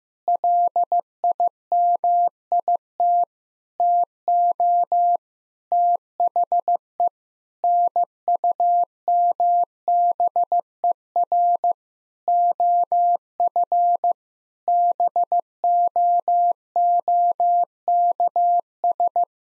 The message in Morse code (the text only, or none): LIMIT TO THE NUMBER OF BOOKS